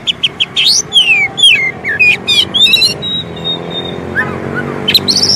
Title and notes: Kacer Jadi Gacor Siang Malam. Isian Kacer Durasi Panjang